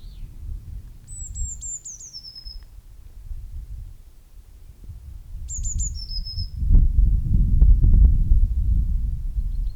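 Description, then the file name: Eurasian blue tit giving two short series of high, thin notes that step downward, a few seconds apart. A low rumbling noise swells near the end. "Cyanistes caeruleus"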